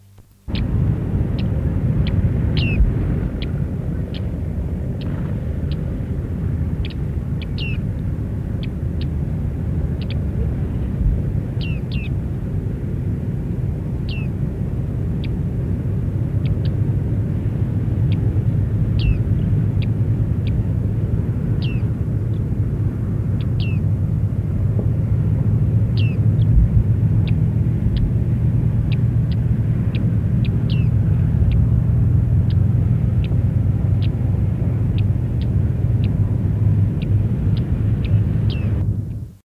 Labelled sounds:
Bearded Reedling (Panurus biarmicus) call
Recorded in the wild
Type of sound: call
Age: diverse
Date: 1967-08-16
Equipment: Halbspur, 9,5 cm/s
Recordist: Lütgens, Hans
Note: Vierte Brut, Warnruf der Alten und Stimmfühlung der Jungen, die am Tage zuvor das Nest verlassen habe und noch in der Nähe sind

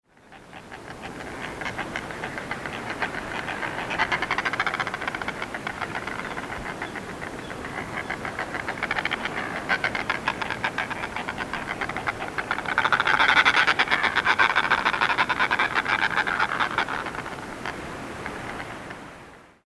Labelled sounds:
Northern Fulmar (Fulmarus glacialis)
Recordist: Frommolt, Karl-Heinz
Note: Begrüßung am Nest

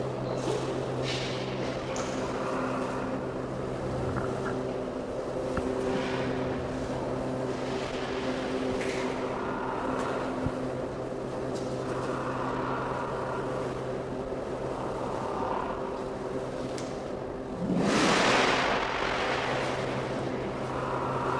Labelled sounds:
Philippine Duck (Anas luzonica) call
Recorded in captivity
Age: adult
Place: Zoo Berlin, Berlin, DE
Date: 1988-12-28 10:10
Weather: overcast, 6-7°C
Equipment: Nagra SN
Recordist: Tembrock, Günter

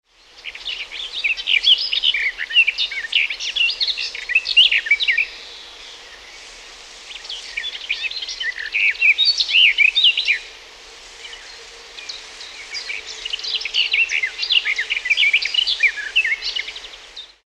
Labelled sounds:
Garden Warbler (Sylvia borin)
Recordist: Tembrock, Günter
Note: Gesang

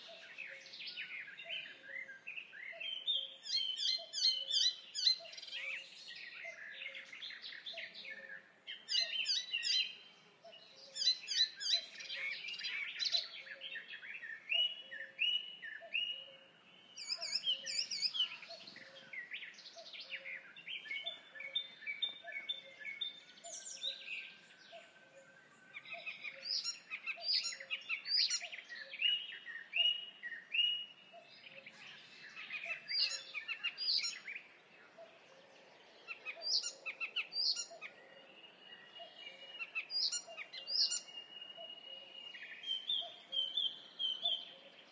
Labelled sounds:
Icterine Warbler (Hippolais icterina) song
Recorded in the wild
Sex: male
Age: adult
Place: Hobrechtsfelder Rieselfelder, Naturpark Barnim, Berlin, DE
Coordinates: 52.6661, 13.4692
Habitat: poplar grove
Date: 2011-06-12
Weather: sunny, 20°C, windless
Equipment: Sound Devices 702, Sennheiser MKH 70, Rycote Windschutz
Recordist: Frommolt, Karl-Heinz

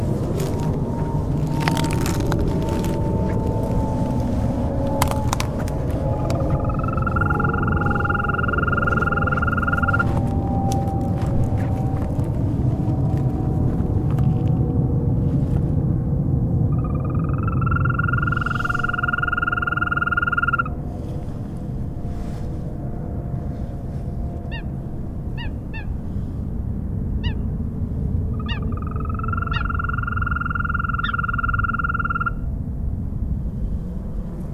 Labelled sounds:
Green Toad (Bufo viridis) call
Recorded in the wild
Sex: male
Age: adult
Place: Falkenberger Rieselfelder, NSG Falkenberger Rieselfelder, Berlin, DE
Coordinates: 52.5847, 13.5531
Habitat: pound
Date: 2007-04-15 21:16
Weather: Luft 11°C, Wasser ca. 18°C
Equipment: Sound Devices 702, Sennheiser MKH 70, Windkorb
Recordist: Frommolt, Karl-Heinz

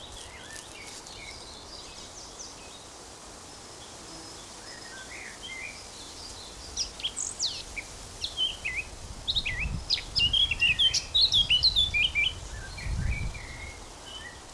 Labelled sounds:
Eurasian Blackcap (Sylvia atricapilla)
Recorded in the wild
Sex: male
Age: adult
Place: Summt, Brandenburg, DE
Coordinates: 52.687, 13.374
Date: 1992-05-23 14:00
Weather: 23-24°C, böiger Wind
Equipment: Nagra SN, Mikrofon AKG CK 8, Kopie Tesla B 116
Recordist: Tembrock, Günter
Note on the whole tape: Grundstück; Gesang (ca. 15 Strophen)

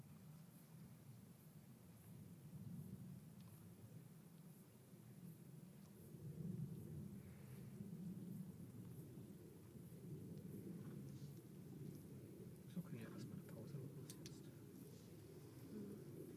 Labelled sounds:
Common Tree Frog (Hyla arborea) call
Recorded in the wild
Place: Kloster, Insel Hiddensee, Mecklenburg-Vorpommern, DE
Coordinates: 54.5883, 13.1158
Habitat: lake
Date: 2012-09-10 20:15
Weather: 15°C, almost windless
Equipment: Sound Devices 702, Sennheiser MKH 415 T, Rhode Windschutz
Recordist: Frommolt, Karl-Heinz

